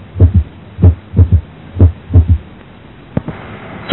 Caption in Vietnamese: Tiếng thứ ba ở một cháu bé bình thường. Tiếng thứ ba sinh lý có thể gặp ở trẻ em và người trẻ dưới 30 tuổi. Cách tiếng thứ hai chừng 12-18% giây, nghe trầm, ngắn.